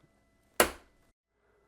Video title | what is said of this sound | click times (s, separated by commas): Beginner's Guide to Machine Embroidery - 4K Sewing Series - Tock Custom | the two notches, and then just press down until you hear it click. | 0.6 s